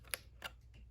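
A battery plug is pushed into its board connector inside a Mikado VControl RC transmitter during a battery upgrade, snapping in with a sharp click at 0.1 s, followed by a softer tick around 0.5 s. The plug is seated all the way in.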